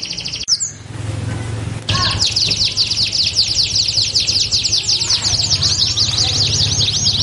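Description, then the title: Belgian canary song: a brief high note, a stretch of hiss, then a long fast high trill of repeated slurred notes running to the end. Belgian canary song used to warm up canaries and prompt them to answer and sing within seconds. "Canto Para Esquentar Canário Belga. LANGSUNG NYAUT. Pancingan suara kenari hitungan detik langsung ikut bunyi"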